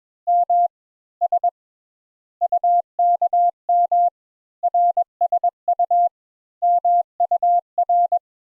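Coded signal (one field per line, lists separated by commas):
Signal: Morse code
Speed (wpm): 22 wpm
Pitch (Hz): 700 Hz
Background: none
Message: M S UKM RSU MUR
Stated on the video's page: Morse introductory lesson on letters U and V.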